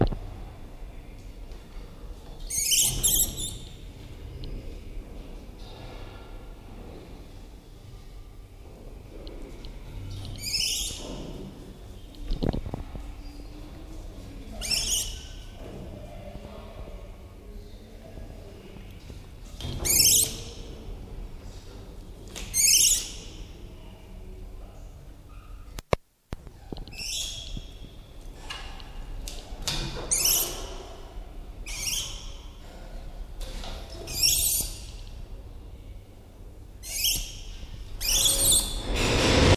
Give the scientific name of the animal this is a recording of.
Semnopithecus entellus